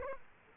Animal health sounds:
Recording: mosquito wingbeat signal from an infrared sensor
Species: Aedes aegypti

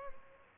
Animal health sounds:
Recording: mosquito wingbeat signal from an infrared sensor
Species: Aedes albopictus

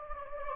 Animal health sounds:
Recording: mosquito wingbeat signal from an infrared sensor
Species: Anopheles gambiae

